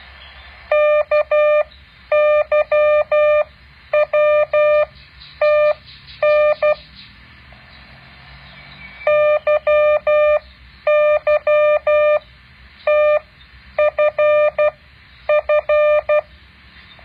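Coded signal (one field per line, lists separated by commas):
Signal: Morse code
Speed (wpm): 12 wpm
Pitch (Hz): 600 Hz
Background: none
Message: KYWTN YYTFF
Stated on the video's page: Morse code exercise.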